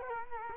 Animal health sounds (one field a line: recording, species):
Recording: mosquito wingbeat signal from an infrared sensor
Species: Culex quinquefasciatus